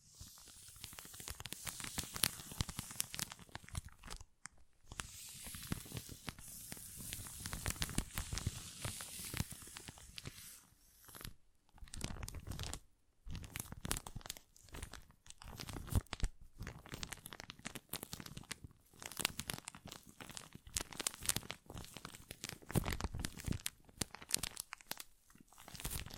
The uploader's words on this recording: Tingly Sound Assortment.